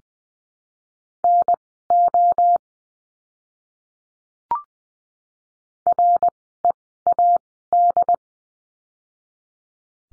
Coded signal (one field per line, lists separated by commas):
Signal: Morse code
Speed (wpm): 20 wpm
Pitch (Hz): 700 Hz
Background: none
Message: NO READ